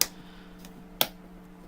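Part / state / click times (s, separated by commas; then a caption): phone internal frame assembly into rear housing / seated / 0.0 s, 1.0 s. The assembled internals of an HTC 10 (M10) phone, a plastic midframe carrying the board and battery, are set into the rear metal frame and pressed down until the plastic clips snap in. Two loud, sharp snaps are heard at 0.0 s and 1.0 s, with a faint softer tick at about 0.6 s between them. The frame assembly is seated in the rear housing.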